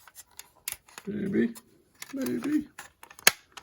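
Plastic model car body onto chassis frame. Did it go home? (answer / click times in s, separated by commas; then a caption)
yes / 3.3 s. A plastic body of a scale model car kit is pressed down onto its chassis frame. Light plastic ticks and rubbing sounds are heard while someone talks, then a sharp, loud plastic snap comes at 3.3 seconds. The body snaps into place on the frame.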